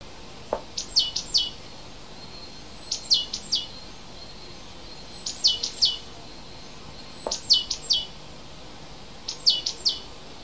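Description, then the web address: Bird song: short bursts of three to four high, sharp notes, repeated roughly every two seconds, with a faint low tick before two of the phrases and quiet background hiss. Native hedge bird in February. "oeko hecke vogel februar vogel heimisch"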